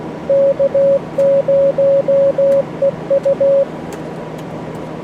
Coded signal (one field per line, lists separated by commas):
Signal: Morse code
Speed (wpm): 16 wpm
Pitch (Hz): 550 Hz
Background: radio noise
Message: K0EU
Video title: Fun with Morse Runner